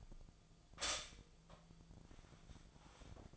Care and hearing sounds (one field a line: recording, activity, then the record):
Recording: daily activity, microphone in the room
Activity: stop toaster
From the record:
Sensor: 5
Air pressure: 1009.4 hPa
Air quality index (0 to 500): 167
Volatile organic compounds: 4 ppm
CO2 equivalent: 1618 ppm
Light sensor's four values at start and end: 78/212/85/87 and 82/220/88/92